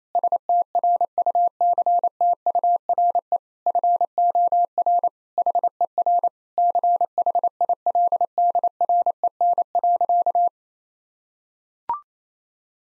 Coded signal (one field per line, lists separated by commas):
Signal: Morse code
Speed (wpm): 27 wpm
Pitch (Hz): 700 Hz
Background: none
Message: STRUCTURE FOR HER CHILDREN.